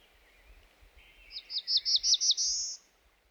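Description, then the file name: Black-throated blue warbler song: a quick run of several short, high, downslurred notes leading into a sustained, buzzy final note. "dan gibsons solitudes black throated blue warbler"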